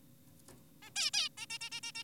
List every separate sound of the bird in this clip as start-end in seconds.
0.82-0.92, 0.96-1.11, 1.14-1.29, 1.38-1.46, 1.50-1.58, 1.61-1.70, 1.72-1.80, 1.83-1.92, 1.95-2.04